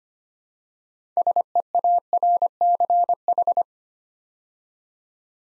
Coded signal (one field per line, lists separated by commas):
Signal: Morse code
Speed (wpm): 25 wpm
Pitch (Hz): 700 Hz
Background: none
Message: SEARCH